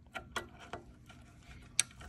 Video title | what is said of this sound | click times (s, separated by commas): Make Megatouch Aurora Quieter - Asus to Intel Motherboard Replacement | it clicks and then likewise there's | 1.8 s